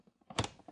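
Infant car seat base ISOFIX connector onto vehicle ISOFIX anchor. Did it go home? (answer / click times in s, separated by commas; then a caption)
yes / 0.4 s. An infant car seat base's ISOFIX connector is lined up with a car's ISOFIX anchor and pushed on. A few faint knocks lead up to a sharp, bright click at 0.4 s, followed by a second click at 0.44 s and some light rattles. The connector clicks right in for a full installation.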